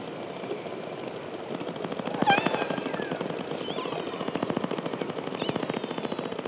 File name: Whale Killer Clicks